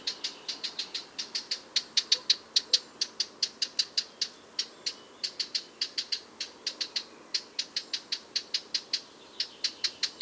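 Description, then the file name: Eurasian blackcap giving a fast, persistent series of hard tac clicks, several per second, with short gaps between runs. "Sylvia atricapilla"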